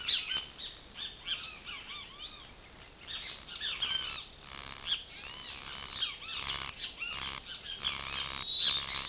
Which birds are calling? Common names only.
Great Kiskadee